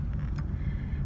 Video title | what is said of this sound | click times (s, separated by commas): Sharkbite ProLock FIP to 3/4 PEX absolutely rocks! | until you get the click it is just | 0.4 s